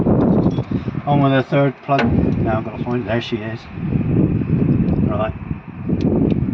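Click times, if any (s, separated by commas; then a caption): 6.3 s. A person pushes the insulated HT lead cap onto the terminal of the third spark plug on a Morris Minor engine during a 6000 mile service, while someone talks. The cap seats with a single sharp click at 6.3 s, confirming it has gone on.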